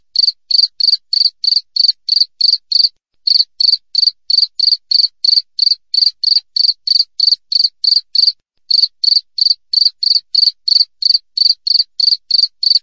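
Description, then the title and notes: Cricket chirps, high and evenly spaced at about three a second, pausing briefly twice before resuming the same rhythm. Clear natural cricket chirping with tightly spaced pauses, made as a master track for training songbirds and for driving away rats. "Masteran Jangkrik Alam Jernih, Jeda Rapat Cocok Untuk Masteran Burung Dan Mengusir Tikus. suara jangkrik"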